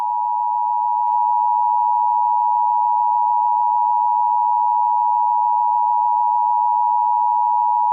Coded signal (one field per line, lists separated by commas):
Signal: Emergency Alert System (SAME) tones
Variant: 853 and 960 Hz attention tone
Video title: The Great Serial Killer Spree: a serial killer EAS Scenario